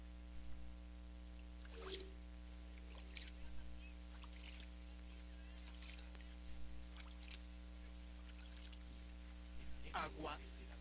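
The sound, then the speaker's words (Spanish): Aguapanela (panela water with lemon) being poured, heard as brief, splashy bursts of liquid that come and go over a steady low electrical hum, fairly faint overall. “Suena la guapanela. ¿Cómo suena la guapanela?”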